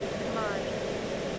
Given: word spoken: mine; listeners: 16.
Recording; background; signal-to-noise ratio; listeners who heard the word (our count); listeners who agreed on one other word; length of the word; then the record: one English word in noise, from a listening test; speech-shaped noise; -6.2 dB; 6 of 16; 9 of 16; 0.99 s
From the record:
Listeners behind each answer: 9, 6, 1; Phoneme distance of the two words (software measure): 7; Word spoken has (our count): 1 syllable, 3 phonemes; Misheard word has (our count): 1 syllable, 4 phonemes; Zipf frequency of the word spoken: 5.04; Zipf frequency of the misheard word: 5.47